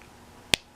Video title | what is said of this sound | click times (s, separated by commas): Ridley Amiibo Unboxed and(hand self changed mobile movement) (Super Smash Bros. Ultimate) | snap hear that | 0.5 s